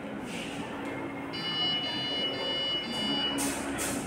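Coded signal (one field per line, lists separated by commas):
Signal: beep code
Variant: PC BIOS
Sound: shrill electronic beeps, perhaps four, in quick succession over a steady whine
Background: room noise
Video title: Display not coming on the monitor. 4 beep sound coming from cpu. #computer #tutorial #manitech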